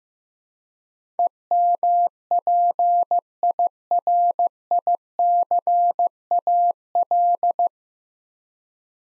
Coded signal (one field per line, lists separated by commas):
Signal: Morse code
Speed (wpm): 15 wpm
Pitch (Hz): 700 Hz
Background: none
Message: EMPIRICAL